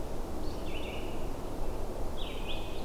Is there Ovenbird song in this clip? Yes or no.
no